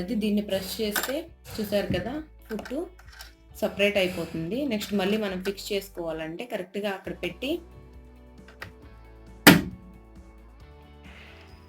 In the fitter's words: Next మనం దీన్ని మెల్లగా డౌన్ చేసుకుని మళ్ళీ దీన్ని ఇట్లా అంటే లాక్ అయిపోతుంది. చూసారు కదా, అట్లా